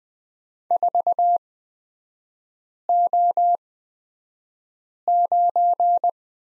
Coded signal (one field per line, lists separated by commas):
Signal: Morse code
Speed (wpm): 20 wpm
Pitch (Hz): 700 Hz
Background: none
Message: 4O9